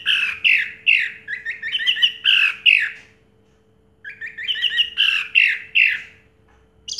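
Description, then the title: Orange-headed thrush song: bursts of harsh, rapidly repeated mid-pitched notes for three seconds, a pause, then a similar run of scratchy phrases. Sound used to prompt an orange-headed thrush that has stopped singing to start singing again. "Anis Merah Macet.. Pancing Dengan Suara Ini.. # Anis Merah"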